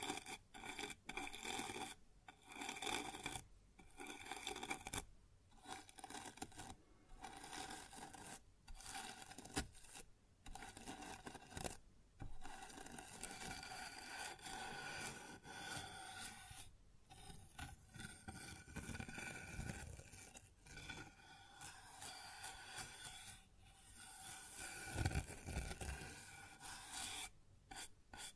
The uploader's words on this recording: ASMR Sounds on Wooden Surface (No Talking).